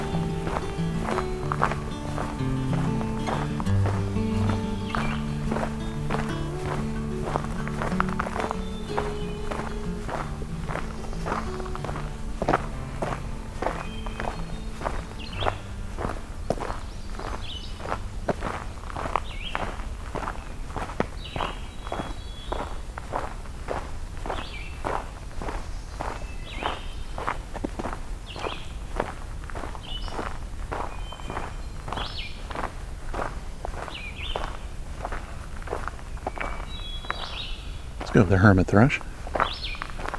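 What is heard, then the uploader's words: Steady, regular footsteps crunch along for the whole stretch while songbirds, Scarlet Tanagers among them, call in short bright notes. A low droning hum runs beneath the first fifteen seconds, and a sharp loud thump lands near the end. A Sore Sounding Song (Scarlet Tanager). As the hike to Hector Falls continues, Scarlet Tanagers and many other songbird species are encountered.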